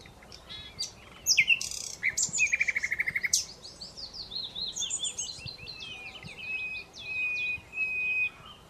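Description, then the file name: Common Nightingale gives sharp chips, a fast rattling trill, then a long run of whistled slurred notes. "Luscinia megarhynchos"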